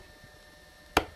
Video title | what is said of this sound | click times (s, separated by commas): Tech: iMac RAM Upgrade Gone Awry | hear it click it's | 1.0 s